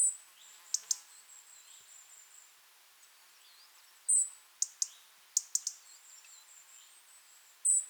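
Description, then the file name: European robin calling with thin, piercing high whistles roughly every three to four seconds, separated by clusters of hard tick notes. "Erithacus rubecula"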